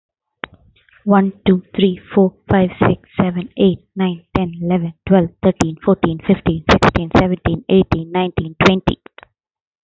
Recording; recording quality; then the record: counting at a fast pace; excellent, no background noise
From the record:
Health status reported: healthy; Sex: female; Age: 29 years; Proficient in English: yes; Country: India